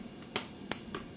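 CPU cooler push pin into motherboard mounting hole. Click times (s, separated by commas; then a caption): 0.4 s, 0.7 s. Plastic push-pin fasteners of a stock CPU cooler are pressed into the motherboard mounting holes, giving two sharp clicks at 0.4 s and 0.7 s and a fainter click at 0.9 s. The pins seat and lock in place.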